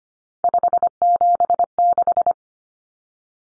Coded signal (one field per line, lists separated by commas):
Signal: Morse code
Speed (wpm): 25 wpm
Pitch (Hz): 700 Hz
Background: none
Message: 576